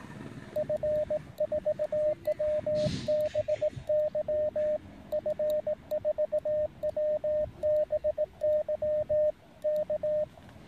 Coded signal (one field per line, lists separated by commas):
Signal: Morse code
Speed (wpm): 22 wpm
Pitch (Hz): 620 Hz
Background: radio noise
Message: F4WBY F4WBY K